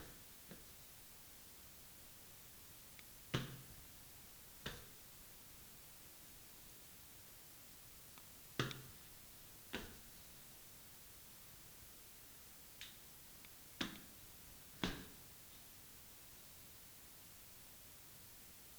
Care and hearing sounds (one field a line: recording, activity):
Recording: daily activity, guitar pickup as the sensor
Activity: go upstairs